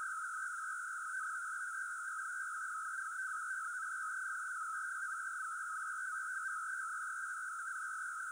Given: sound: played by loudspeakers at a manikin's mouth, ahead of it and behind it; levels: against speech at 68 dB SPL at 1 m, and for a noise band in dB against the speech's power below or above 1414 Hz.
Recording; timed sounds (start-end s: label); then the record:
test signals for a remote microphone
0.00-8.32 s: noise band at 1414 Hz, as loud as that band is in speech
From the record:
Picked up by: remote microphone C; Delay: 23 ms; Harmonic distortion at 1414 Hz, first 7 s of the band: under -40 dB